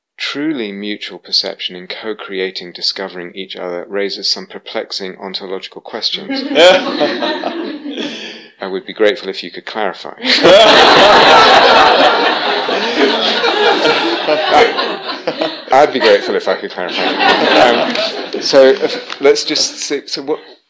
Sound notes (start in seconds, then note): 6.2 laughter; 10.2 laughter